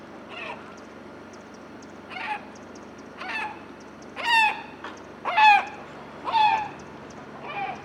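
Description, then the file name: Gull calls, a series of loud, harsh, downslurred cries repeated about once a second and growing louder, over a steady low hum. "goeland"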